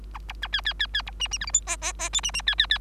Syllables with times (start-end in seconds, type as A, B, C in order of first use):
0.14-0.18 A, 0.28-0.33 B, 0.42-0.48 A, 0.52-0.61 C, 0.65-0.73 C, 0.79-0.87 C, 0.93-1.02 C, 1.06-1.11 B, 1.20-1.28 D, 1.31-1.38 D, 1.40-1.46 E, 1.46-1.51 F, 1.53-1.61 G, 1.67-1.76 H, 1.81-1.92 H, 1.99-2.09 H, 2.12-2.21 I, 2.23-2.31 D, 2.33-2.42 D, 2.46-2.55 C, 2.58-2.66 C, 2.70-2.78 C